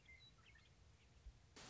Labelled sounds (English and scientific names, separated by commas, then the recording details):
Western Meadowlark (Sturnella neglecta)
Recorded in Sonoma County, California